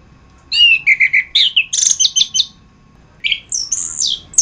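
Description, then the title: Thrush song: a burst of rapid repeated whistled notes, a short pause, then a few high sliding phrases. "Suara Burung Anis"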